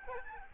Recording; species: mosquito wingbeat signal from an infrared sensor; Aedes albopictus